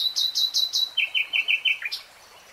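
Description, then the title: Nightingale song: a series of repeated high notes stepping down into a lower repeated run, ending with a quick flourish. Singing, recorded in real time. "[Tiếng chim hót] Nightingale Singing"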